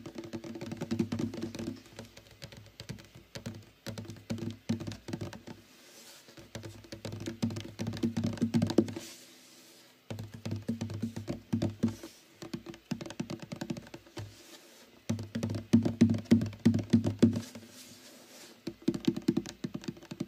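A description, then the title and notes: Fast, dense tapping on a guitar, with quick percussive knocks and plucked string notes ringing low and mid. The tapping comes in bursts of a few seconds, broken by brief pauses near six, nine to ten, thirteen and fifteen seconds. Fast tapping and stringing his guitar.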